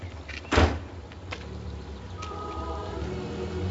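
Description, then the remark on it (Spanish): A bus door shuts with a sharp pneumatic thump, followed by a brief hiss and a low engine rumble with a faint whine as the vehicle idles. “Sube al autobús.”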